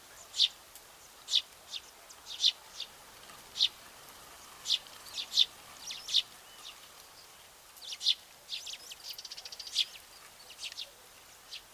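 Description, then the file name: Eurasian tree sparrow giving short, sharp high chirps, irregularly spaced about every second, with one quick rattling series near nine seconds over a soft hiss. "pilfink"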